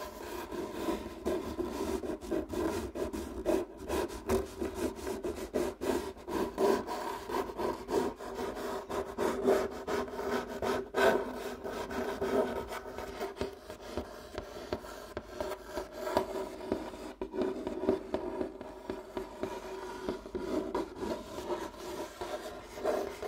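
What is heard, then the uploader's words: Rubbing and scratching on a wooden table, a dense, continuous rasp that runs the whole time with a low hum underneath. Strokes come quickly and irregularly, with sharp scrapes standing out near 4, 11 and 16 seconds as the pattern shifts. ASMR Rubbing & Scratching on a Wooden Table Changing Patterns (NO TALKING).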